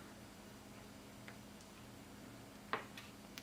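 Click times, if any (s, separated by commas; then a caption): 2.7 s. An S Pen stylus is slid back into its silo in the body of a Samsung Galaxy S22-series phone and latches at 2.7 seconds with a sharp click. Faint ticks come before and after it over a low, steady hum. The stylus ends up seated in the silo.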